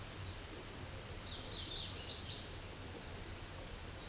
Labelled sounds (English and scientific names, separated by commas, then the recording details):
Hooded Warbler (Setophaga citrina) song
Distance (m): 45 m
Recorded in a Pennsylvania forest on 17 May 2023 at 12:38
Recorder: AudioMoth, point grid1_41_low
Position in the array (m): 58 m, 208 m